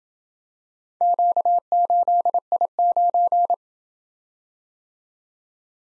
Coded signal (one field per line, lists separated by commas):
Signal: Morse code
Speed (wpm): 28 wpm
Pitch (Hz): 700 Hz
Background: none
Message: Q8I9